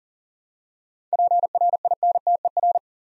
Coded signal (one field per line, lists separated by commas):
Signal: Morse code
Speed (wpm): 40 wpm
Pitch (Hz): 700 Hz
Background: none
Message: PRINTER